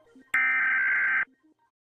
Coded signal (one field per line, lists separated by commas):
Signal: Emergency Alert System (SAME) tones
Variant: header bursts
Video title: Anguilla and Ireland Eas Alarms!